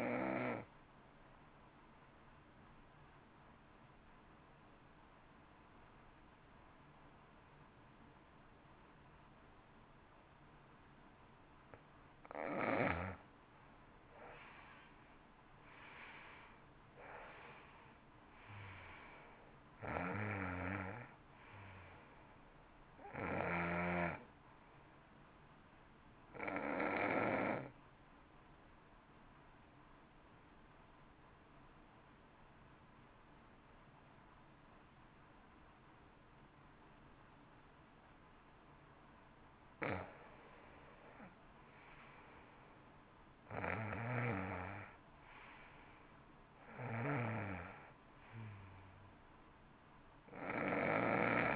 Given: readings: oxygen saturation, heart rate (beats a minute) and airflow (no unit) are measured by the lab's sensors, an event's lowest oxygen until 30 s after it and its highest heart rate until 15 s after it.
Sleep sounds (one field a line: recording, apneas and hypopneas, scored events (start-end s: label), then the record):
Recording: breathing in sleep by a voice recorder at the bedside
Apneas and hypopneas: 2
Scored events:
3.00-13.40 s: obstructive apnea (N2, oxygen 93% highest, then 82% lowest, heart rate 55 at the start, 64 highest)
27.00-40.40 s: hypopnea (N2, oxygen 91% highest, then 87% lowest, heart rate 59 at the start, 61 highest)
From the record:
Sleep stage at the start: N2 (light sleep)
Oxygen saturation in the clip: 82 to 93%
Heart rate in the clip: 52 to 64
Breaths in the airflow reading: 10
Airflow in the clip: -15.0 to 16.2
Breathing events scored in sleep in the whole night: 328 in 6.3 hours asleep